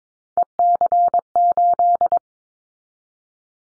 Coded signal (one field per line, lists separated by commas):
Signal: Morse code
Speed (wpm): 22 wpm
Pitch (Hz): 700 Hz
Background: none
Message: EC8